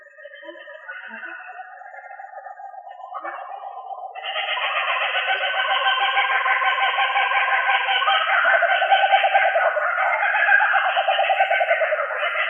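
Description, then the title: Australorp chickens clucking softly at first, then the flock swells into a loud, continuous pulsing chatter that holds steady to the end. "manok ostrali"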